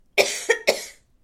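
An adult coughs in three quick bursts.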